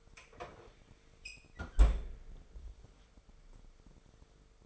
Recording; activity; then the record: daily activity, microphone in the room; close fridge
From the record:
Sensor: 5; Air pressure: 1015.0 hPa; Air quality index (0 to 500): 189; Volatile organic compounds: 8 ppm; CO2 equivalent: 2080 ppm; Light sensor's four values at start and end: 94/218/95/106 and 88/202/89/99